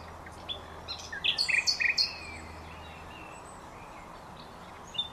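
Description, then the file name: Common nightingale song phrase: a short burst of quick, varied, high chirping notes, then near silence with faint background hiss. "Luscinia megarhynchos"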